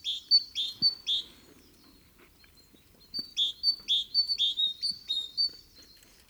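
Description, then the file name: Great tit delivering bright, high repeated notes: three quick notes first, then a longer run after a short pause. "Parus major"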